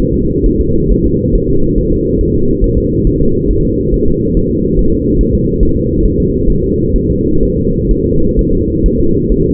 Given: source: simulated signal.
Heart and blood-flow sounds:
fetal heart sounds
0.14 s: S2
0.46 s: S1
0.61 s: S2
0.92 s: S1
1.06 s: S2
1.35 s: S1
1.50 s: S2
1.79 s: S1
1.93 s: S2
2.21 s: S1
2.35 s: S2
2.64 s: S1
2.78 s: S2
3.07 s: S1
3.22 s: S2
3.51 s: S1
3.65 s: S2
3.94 s: S1
4.08 s: S2
4.37 s: S1
4.51 s: S2
4.79 s: S1
4.93 s: S2
5.21 s: S1
5.35 s: S2
5.63 s: S1
5.77 s: S2
6.06 s: S1
6.20 s: S2
6.50 s: S1
6.64 s: S2
6.96 s: S1
7.10 s: S2
7.43 s: S1
7.57 s: S2
7.91 s: S1
8.06 s: S2
8.39 s: S1
8.53 s: S2
8.86 s: S1
9.00 s: S2
9.32 s: S1
9.46 s: S2
From the record:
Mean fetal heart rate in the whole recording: 135 bpm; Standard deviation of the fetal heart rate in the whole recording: 3 bpm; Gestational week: 36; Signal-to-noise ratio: -16.4 dB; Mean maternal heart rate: 72 bpm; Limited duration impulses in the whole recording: present

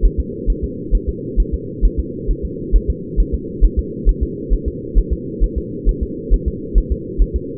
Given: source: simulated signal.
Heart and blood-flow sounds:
fetal heart sounds
0.06 s: S1
0.20 s: S2
0.50 s: S1
0.64 s: S2
0.95 s: S1
1.09 s: S2
1.40 s: S1
1.54 s: S2
1.85 s: S1
2.00 s: S2
2.31 s: S1
2.45 s: S2
2.76 s: S1
2.90 s: S2
3.20 s: S1
3.35 s: S2
3.65 s: S1
3.79 s: S2
4.09 s: S1
4.23 s: S2
4.54 s: S1
4.68 s: S2
4.98 s: S1
5.13 s: S2
5.44 s: S1
5.58 s: S2
5.89 s: S1
6.03 s: S2
6.34 s: S1
6.48 s: S2
6.78 s: S1
6.92 s: S2
7.22 s: S1
7.36 s: S2
From the record:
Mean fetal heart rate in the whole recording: 135 bpm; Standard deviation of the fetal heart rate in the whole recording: 3 bpm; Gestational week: 36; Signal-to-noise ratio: -4.1 dB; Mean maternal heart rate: no maternal heart sound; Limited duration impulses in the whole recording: absent

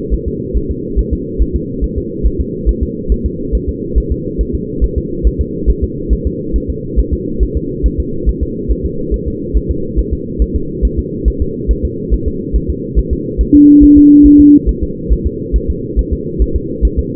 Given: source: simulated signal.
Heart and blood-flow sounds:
fetal heart sounds
0.14 s: S1
0.28 s: S2
0.57 s: S1
0.71 s: S2
0.99 s: S1
1.13 s: S2
1.42 s: S1
1.56 s: S2
1.84 s: S1
1.98 s: S2
2.26 s: S1
2.40 s: S2
2.69 s: S1
2.83 s: S2
3.12 s: S1
3.26 s: S2
3.55 s: S1
3.69 s: S2
3.98 s: S1
4.12 s: S2
4.41 s: S1
4.55 s: S2
4.84 s: S1
4.98 s: S2
5.27 s: S1
5.41 s: S2
5.70 s: S1
5.84 s: S2
6.13 s: S1
6.27 s: S2
6.56 s: S1
6.70 s: S2
6.99 s: S1
7.13 s: S2
7.43 s: S1
7.57 s: S2
7.86 s: S1
8.00 s: S2
8.29 s: S1
8.43 s: S2
8.71 s: S1
8.85 s: S2
9.14 s: S1
9.28 s: S2
9.57 s: S1
9.71 s: S2
9.99 s: S1
10.13 s: S2
10.42 s: S1
10.56 s: S2
10.85 s: S1
10.99 s: S2
11.28 s: S1
11.42 s: S2
11.71 s: S1
11.85 s: S2
12.14 s: S1
12.28 s: S2
12.56 s: S1
12.70 s: S2
12.99 s: S1
13.13 s: S2
13.41 s: S1
13.55 s: S2
13.84 s: S1
13.98 s: S2
14.26 s: S1
14.40 s: S2
14.69 s: S1
14.83 s: S2
15.12 s: S1
15.27 s: S2
15.56 s: S1
15.70 s: S2
15.99 s: S1
16.13 s: S2
16.42 s: S1
16.56 s: S2
16.85 s: S1
16.99 s: S2
From the record:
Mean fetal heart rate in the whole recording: 140 bpm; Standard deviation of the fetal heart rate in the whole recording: 2 bpm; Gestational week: 34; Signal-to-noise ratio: -6.6 dB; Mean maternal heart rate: 72 bpm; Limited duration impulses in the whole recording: present

